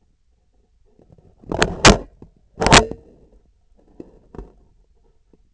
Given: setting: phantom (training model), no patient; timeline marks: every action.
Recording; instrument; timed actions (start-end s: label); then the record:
laparoscopic instrument, vibration sensor on the handle end; scissors
1.41-2.17 s: scissors opening
2.50-3.47 s: scissors closing
From the record:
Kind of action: tool actuation without material contact